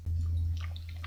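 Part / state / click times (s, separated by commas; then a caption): integrated circuit chip into socket/breadboard / not seated / none. A DIP integrated circuit chip is handled with its legs lined up over its socket or breadboard, ready to be pressed down until it snaps into position. A steady low hum runs throughout, with a few faint, short ticks near 0.6, 0.8, 0.9 and 1.0 seconds. Nothing has seated or clicked yet.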